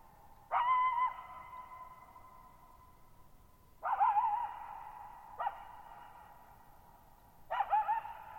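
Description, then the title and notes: Coyote calling in four bursts, wavering yips and short howls that quaver up and down, each followed by a lingering echo, over a quiet background. Lone coyote vocalizing at night, July 14, 2019, Thirtymile Meadows, Okanogan National Forest, Okanogan High Country, 1950 m, shallow bowl-shaped meadow, very reverberant (RT60 over 5.5 s). "Lone Coyote at Thirtymile Meadows. I spent the night of July 14, 2019, camped near Thirtymile Meadows in the Okanogan National Forest at 6400 ft (1950 m). The area is known as the Okanogan High Country"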